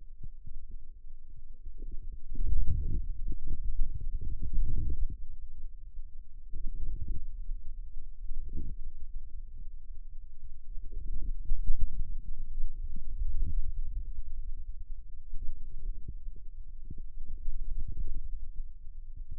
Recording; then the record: forearm muscle sounds (acoustic myography)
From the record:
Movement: radial deviation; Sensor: system 2, bracelet of six BSWA MPA416 microphones around the upper forearm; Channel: 6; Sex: male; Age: 22 years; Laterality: right